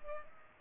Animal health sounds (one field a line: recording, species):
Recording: mosquito wingbeat signal from an infrared sensor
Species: Culex pipiens